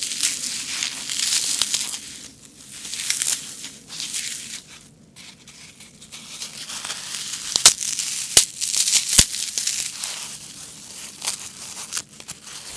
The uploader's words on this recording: ASMR Floral Foam (Crunchy Sounds).